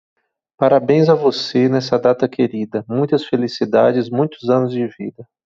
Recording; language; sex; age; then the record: short text; Brazilian Portuguese; male; 40 to 49 years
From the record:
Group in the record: control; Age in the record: 46 years